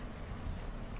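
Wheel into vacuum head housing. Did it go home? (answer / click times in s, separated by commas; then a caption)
no / none. A wheel is being handled at the plastic head housing of a Shark Pro Rocket self-cleaning cordless vacuum cleaner, about to be pushed down into it. Only a steady low rumble with broadband noise is heard, and nothing has seated or clicked yet.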